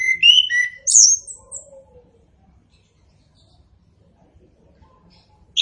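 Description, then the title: Orange-headed thrush song: a quick run of clear whistles and a high squeal, followed by a long quiet pause and a final short note. Local names Anis Kembang and Punglor Kembang; bird described as gacor (singing actively) and ngeplong. "Anis Kembang Gacor. Anis Kembang Punglor Kembang Ngeplong"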